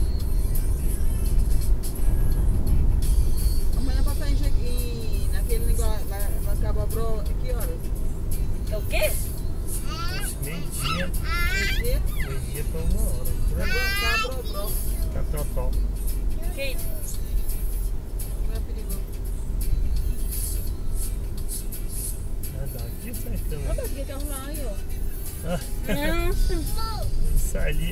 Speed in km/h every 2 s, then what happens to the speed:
63, 62, 58, 57, 56, 56, 54, 53, 45, 44, 41, 35, 34, 34.
0-22 slows to 35. 22-28 steady at about 34.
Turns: none.